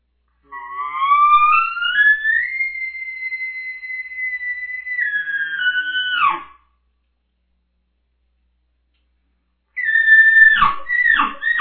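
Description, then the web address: Elk bugle: a whistle rising steadily to a high, sustained pitch held for several seconds, then breaking off; after a silence, a rougher, broken whistle follows. Bull elk. "bowsite. elkcontest elk 2001 soundfiles bull"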